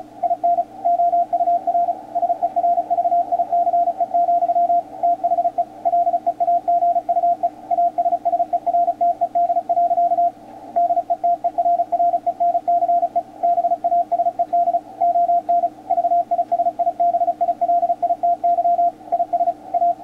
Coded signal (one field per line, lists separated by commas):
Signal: Morse code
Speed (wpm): 36 wpm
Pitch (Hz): 700 Hz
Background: radio noise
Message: IN OUR SERVICE, THE LEAGUE ASSERTED. DETERRENCE BASED ON VISIBILITY IS A